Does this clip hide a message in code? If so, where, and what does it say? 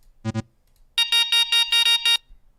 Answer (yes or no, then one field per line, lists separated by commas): no